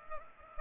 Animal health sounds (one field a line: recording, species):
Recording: mosquito wingbeat signal from an infrared sensor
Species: Culex pipiens